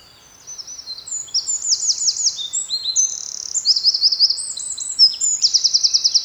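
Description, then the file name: Eurasian wren song, an explosive string of high whistles and rapid buzzy trills, several distinct rattles following each other within a single extended burst. "Troglodytes troglodytes"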